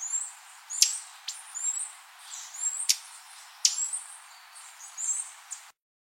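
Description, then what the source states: Paradise tanager giving sharp, very high chips and thin, sliding whistled notes in an irregular series, with brief pauses between them. Song; Amazon region.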